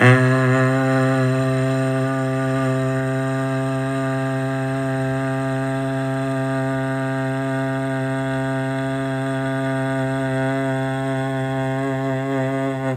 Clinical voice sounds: sustained vowel /a/; male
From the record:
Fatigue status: no fatigue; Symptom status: asymptomatic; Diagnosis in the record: COVID-19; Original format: m4a

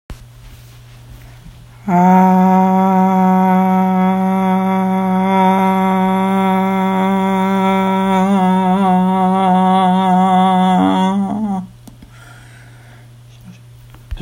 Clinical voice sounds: sustained vowel /a/; female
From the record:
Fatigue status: no fatigue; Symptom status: asymptomatic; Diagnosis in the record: COVID-19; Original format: m4a

